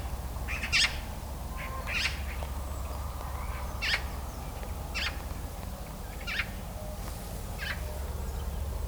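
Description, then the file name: Eurasian magpie rasping calls, brief harsh bursts repeated every second or two, over continuous low rumble and hiss. "Pica pica"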